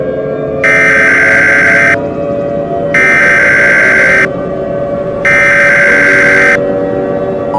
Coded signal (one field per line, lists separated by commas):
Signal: Emergency Alert System (SAME) tones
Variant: header bursts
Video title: EAS Scenario: Backrooms End of the World